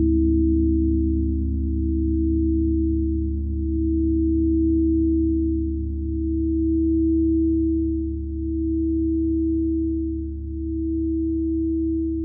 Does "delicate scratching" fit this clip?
no